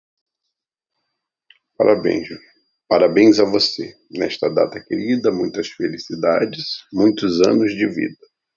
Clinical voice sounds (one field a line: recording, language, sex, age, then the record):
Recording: short text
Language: Brazilian Portuguese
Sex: male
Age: 50 to 59 years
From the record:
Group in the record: control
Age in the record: 51 years